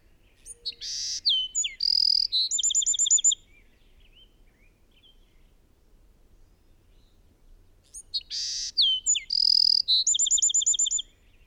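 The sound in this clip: Bird song, two matching high phrases of sweeping notes, a buzzy rasp and a rapid trill, with a few seconds of quiet between.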